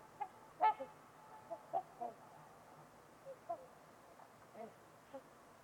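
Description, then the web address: Trumpeter swan honking calls, short nasal notes given irregularly over a quiet steady background hiss. Trumpeter swans on a winter's eve at Winters Lake in a deep, silent valley. "Trumpeter Swans on a Winter's Eve. Nick-Mc Mahan Winters-Lake-with-Swan. Wind Is the Original Radio"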